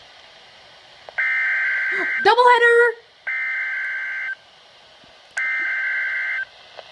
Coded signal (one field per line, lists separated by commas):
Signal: Emergency Alert System (SAME) tones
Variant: header bursts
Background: speech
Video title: 5 EAS Alerts in a row (4 severe thunderstorm warnings & 1 severe thunderstorm watch